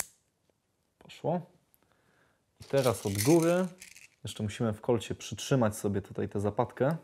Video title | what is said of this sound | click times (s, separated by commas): Klamki do 200, 300, 400zł - TANIEMILITARIA.PL | tak najpierw sprężynkę rozciągamy do samego końca Aż zaskoczy poszło | 0.0 s